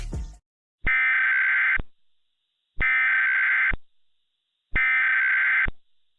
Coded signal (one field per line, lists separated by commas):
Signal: Emergency Alert System (SAME) tones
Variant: header bursts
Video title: first EAS mock And it is a true story